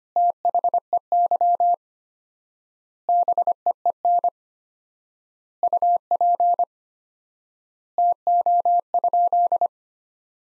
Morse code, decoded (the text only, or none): THEY BEEN UP TO?